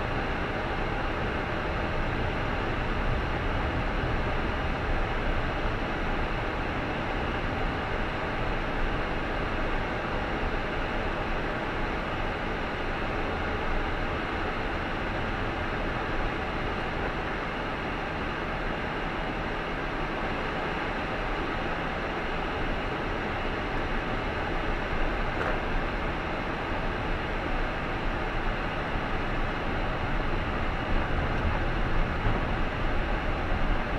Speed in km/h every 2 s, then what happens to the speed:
25, 28, 27, 25, 23, 21, 20, 18, 15, 9, 11, 16, 22, 25, 24, 24, 28.
3-19 slows to 9. 19-25 speeds up to 25. 25-30 steady at about 24.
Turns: 12-23, 28-34.